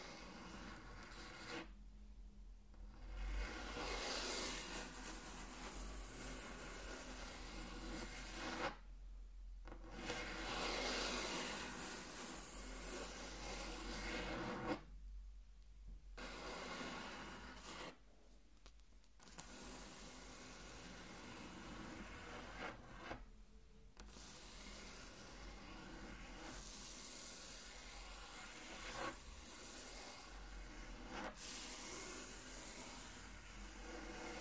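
A finger or object traces hard across a wooden table, making a dense, scratchy rubbing that runs almost nonstop. It breaks off briefly about every few seconds, near 2, 9, 15, 18 and 23 seconds, then resumes with the same gritty, rasping texture over a low steady hum.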